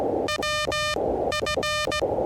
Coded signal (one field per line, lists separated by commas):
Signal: Morse code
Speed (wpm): 17 wpm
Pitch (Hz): 1210 Hz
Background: radio noise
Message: WF